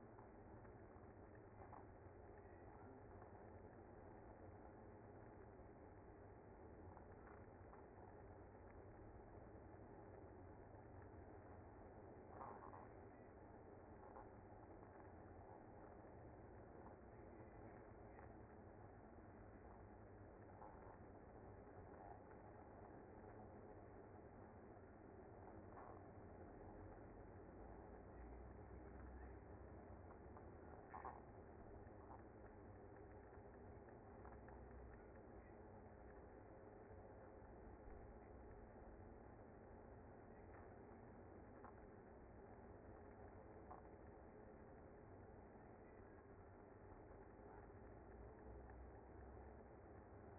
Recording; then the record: honeybee colony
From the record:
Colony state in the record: active